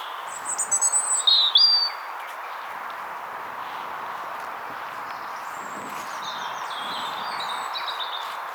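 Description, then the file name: European robin: a high twittering phrase lasting about a second, a pause, then faint, thin high notes, against steady background hiss. "Erithacus rubecula"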